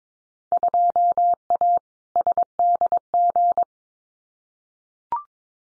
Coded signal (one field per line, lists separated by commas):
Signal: Morse code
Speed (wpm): 22 wpm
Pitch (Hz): 700 Hz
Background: none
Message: 2A SDG